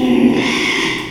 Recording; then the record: squeal of a Yucatan mini pig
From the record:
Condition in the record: after surgery on the right vocal fold (resection and tissue-engineered implant); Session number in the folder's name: 1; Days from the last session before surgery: 6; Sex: male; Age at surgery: 12 weeks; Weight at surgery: 13 kg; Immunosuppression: cyclosporine, prednisolone